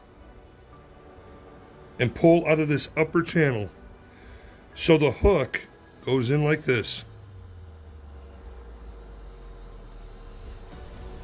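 On a 1986 Ford Mustang LX Foxbody trunk lid key and latch assembly, the metal hook of the trunk lock arm is lined up and guided toward the latch assembly's upper channel before being pushed home. Someone talks in two bursts over a quiet background with a low hum. Nothing has seated or clicked yet.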